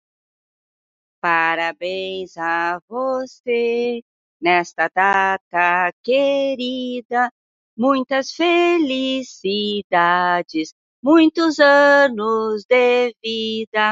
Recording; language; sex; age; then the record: short text; Brazilian Portuguese; female; 60 to 69 years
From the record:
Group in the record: control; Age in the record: 67 years